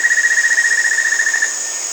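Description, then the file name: White-necked puffbird trill: fast, even pulses on one steady pitch for about a second and a half, with a shrill insect hum behind. Brazil and Peru, in the Amazon. "White-necked Puffbird (Notharchus macrorhynchos), Brazil, Peru"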